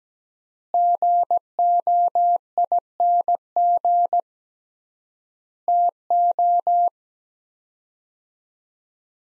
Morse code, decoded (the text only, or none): GOING TO